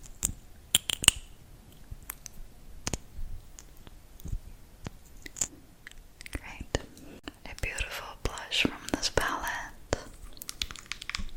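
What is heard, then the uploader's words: Quiet handling of makeup and grooming items: sharp clicks and taps from lids, cases and small tools land irregularly throughout. Around the middle and toward the end, soft brushing and rubbing sounds thicken into brief rustling passages between the clicks. ASMR Applying Makeup, Hair & Nails.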